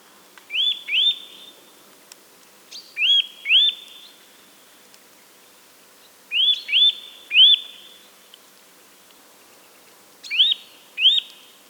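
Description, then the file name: Eurasian nuthatch giving clear upslurred whistles in bursts of two or three, the bursts spaced a few seconds apart. "Sitta europaea"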